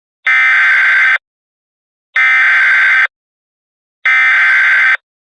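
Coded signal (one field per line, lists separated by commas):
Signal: Emergency Alert System (SAME) tones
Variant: header bursts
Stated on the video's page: Recreated severe thunderstorm alert for Laredo with valid EAS tones, presented on a DASDEC-II screen with FiOS scroll.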